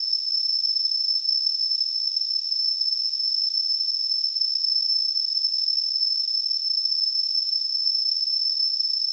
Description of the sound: Tinnitus.